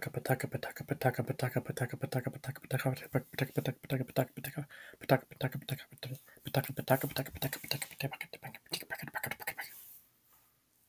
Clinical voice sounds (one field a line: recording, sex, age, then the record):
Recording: repeated syllables /pa ta ka/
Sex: male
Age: 20 to 29 years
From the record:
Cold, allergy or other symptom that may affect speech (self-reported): no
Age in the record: 25 years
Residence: North Carolina, United States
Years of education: 20